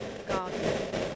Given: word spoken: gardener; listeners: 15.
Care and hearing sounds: one English word in noise, from a listening test; noise modulated by three-talker babble; -6.1 dB; 2 of 15; 8 of 15; 0.75 s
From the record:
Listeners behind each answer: 8, 2, 1, 1, 1, 1, 1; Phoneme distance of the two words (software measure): 7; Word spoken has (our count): 2 syllables, 5 phonemes, stress on syllable 1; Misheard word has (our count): 2 syllables, 4 phonemes, stress on syllable 1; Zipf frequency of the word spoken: 3.88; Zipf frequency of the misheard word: 5.28

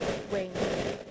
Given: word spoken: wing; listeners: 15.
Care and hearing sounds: one English word in noise, from a listening test; noise modulated by three-talker babble; -4.4 dB; 6 of 15; 6 of 15; 0.71 s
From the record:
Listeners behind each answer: 6, 6, 2, 1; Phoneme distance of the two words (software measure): 7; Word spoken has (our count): 1 syllable, 3 phonemes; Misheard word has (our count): 1 syllable, 4 phonemes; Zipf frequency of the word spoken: 4.46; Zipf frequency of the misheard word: 4.40

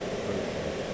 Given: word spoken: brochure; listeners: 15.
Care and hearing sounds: one English word in noise, from a listening test; speech-shaped noise; -5.1 dB; 1 of 15; 7 of 15; 0.54 s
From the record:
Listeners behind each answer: 7, 3, 1, 1, 1, 1, 1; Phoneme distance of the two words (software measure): 20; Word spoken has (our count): 2 syllables, 6 phonemes, stress on syllable 1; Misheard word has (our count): 2 syllables, 6 phonemes, stress on syllable 1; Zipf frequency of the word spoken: 3.32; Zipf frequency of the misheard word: 4.86

